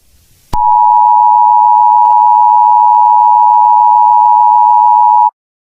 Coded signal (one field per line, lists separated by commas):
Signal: Emergency Alert System (SAME) tones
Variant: 853 and 960 Hz attention tone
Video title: Eas Scenario 11: Exploding Batteries